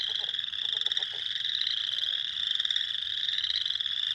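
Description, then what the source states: Spring peepers in a dense chorus of high peeps overlapping continuously, with brief low pulsed sounds early on. Recorded 6 April 2021.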